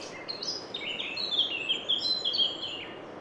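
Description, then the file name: Eurasian wren song: a rapid, high, rattling trill with sharp notes, running almost three seconds before fading out. "Troglodytes troglodytes"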